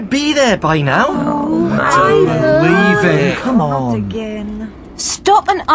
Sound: chorus of complaint